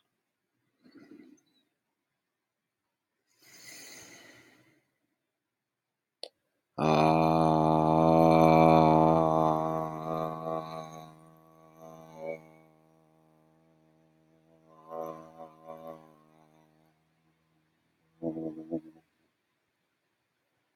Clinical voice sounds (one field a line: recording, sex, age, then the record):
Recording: vowel held as long as possible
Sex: male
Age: 20 to 29 years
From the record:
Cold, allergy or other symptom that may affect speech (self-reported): no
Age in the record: 24 years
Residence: Virginia, United States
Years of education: 15